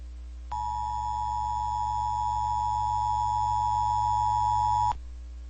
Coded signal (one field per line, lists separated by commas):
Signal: Emergency Alert System (SAME) tones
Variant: 853 and 960 Hz attention tone